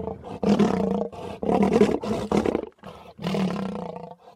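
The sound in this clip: Lion roaring in several deep, rasping, growling bursts separated by short pauses.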